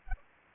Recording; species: mosquito wingbeat signal from an infrared sensor; Aedes aegypti